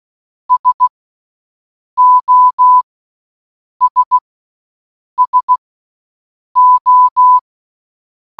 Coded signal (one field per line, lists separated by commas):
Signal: Morse code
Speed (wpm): 16 wpm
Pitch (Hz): 1000 Hz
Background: none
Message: SOS SO